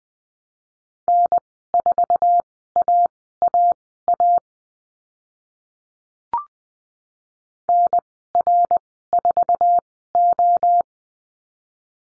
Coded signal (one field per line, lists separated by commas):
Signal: Morse code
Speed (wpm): 20 wpm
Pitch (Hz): 700 Hz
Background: none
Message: N4AAA NR4O